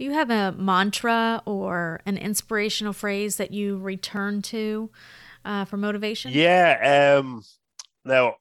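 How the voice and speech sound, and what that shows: An adult voice asks a question at an even, moderate pitch, with a drawn-out filler "er" and a trailing "um" before another voice starts with "now." Speech is clear and mostly fluent, typical conversational speech.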